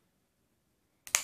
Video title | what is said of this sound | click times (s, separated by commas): Top 5 Cases For The Samsung Galaxy S4 | and stick it out until it clicks and then you can watch videos | 1.1 s